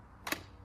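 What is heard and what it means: The release button on the battery latch of an EGO EG0803 cordless auger is pushed, giving two sharp clicks at 0.3 s and 0.3 s as the latch releases. The battery pack then slides out of the auger, released.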